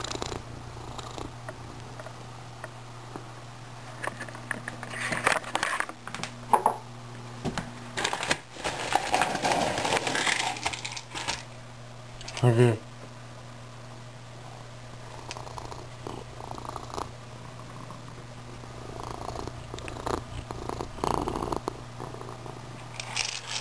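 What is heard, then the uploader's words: A cat purrs over a steady low hum, with soft rustles and scattered taps, one sharper knock around twelve seconds. Orange cat ambience.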